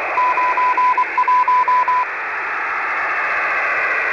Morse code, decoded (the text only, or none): 91